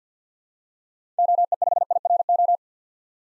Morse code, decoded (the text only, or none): OE5IRO